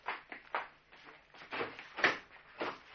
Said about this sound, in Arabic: سمعت حد بيخبط على باب الشقة، فاختي قالت مين ده يا ترى؟ لما اقوم افتح الباب، فانا قلت لها لا انا اللي هقوم وافتح الباب